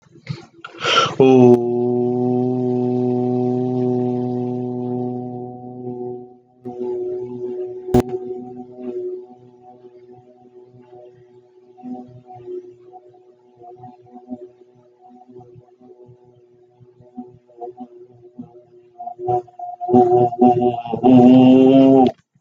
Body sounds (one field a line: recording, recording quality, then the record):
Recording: sustained vowel as in boot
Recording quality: excellent, no background noise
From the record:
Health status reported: healthy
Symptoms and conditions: asthma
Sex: male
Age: 21 years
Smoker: not ticked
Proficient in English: yes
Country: India